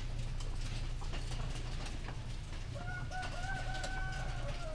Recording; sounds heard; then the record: poultry house recording; healthy chickens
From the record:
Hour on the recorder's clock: 19